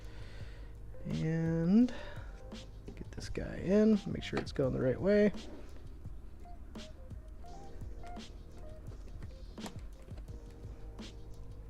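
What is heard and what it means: A RAM module is being handled and lined up, checked for the right orientation, for the second memory slot on a motherboard, while someone talks over background music. There are scattered light handling taps and knocks, but the clip ends before the stick is pressed home, so nothing has seated or clicked yet.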